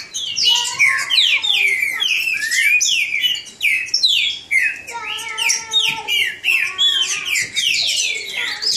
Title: Trinca Ferro NICÃ O No Mato Disputando Com Solto